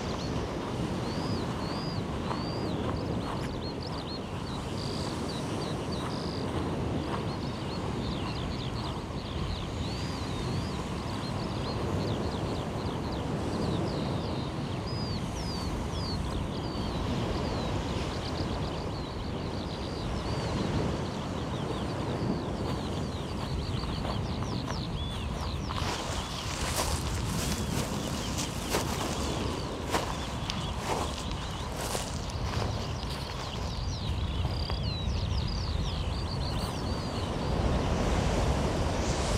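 Waves and birds along the Omø coastline: a steady, dense wash of surf fills the low and middle range throughout. Bird calls chirp repeatedly above it, and from about 26 to 33 seconds a burst of sharper, brighter crackling and splashing rises over the roar.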